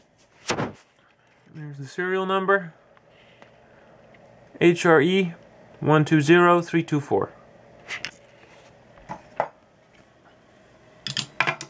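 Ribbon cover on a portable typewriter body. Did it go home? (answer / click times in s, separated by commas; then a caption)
yes / 11.4 s. Someone talks while handling a 1963 Remington Model 11 portable typewriter, with a few small taps and knocks between the words. At 11.4 seconds the ribbon cover is put back onto the typewriter body and snaps shut with a sharp, satisfying click, seated in place.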